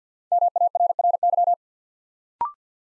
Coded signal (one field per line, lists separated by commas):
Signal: Morse code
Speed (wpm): 48 wpm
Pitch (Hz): 700 Hz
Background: none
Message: MARRY